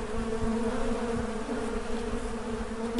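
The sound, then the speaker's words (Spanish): A steady, droning hum of many bees buzzing together, with sustained low tones and overlapping wingbeats that hold an even loudness throughout, with no voices. “Somos pocos, pero son muchos los que tienen sus abejas, los que les quedan aunque uno.”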